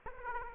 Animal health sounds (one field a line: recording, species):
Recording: mosquito wingbeat signal from an infrared sensor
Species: Aedes aegypti